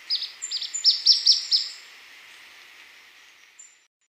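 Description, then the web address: Ornate flycatcher calls: a rapid series of several high, sharp, downslurred notes in about one and a half seconds, then quiet with one faint chip. Recorded in Ecuador. "Birds of Ecuador. Ornate Flycatcher"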